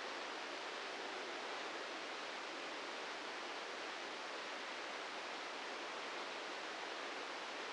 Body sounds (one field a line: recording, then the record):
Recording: brain microelectrode recording played as sound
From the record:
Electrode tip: inside the subthalamic nucleus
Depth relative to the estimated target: 1 mm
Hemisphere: right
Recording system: NeuroSet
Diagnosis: Parkinson's disease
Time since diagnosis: 13 years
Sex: male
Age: 66 years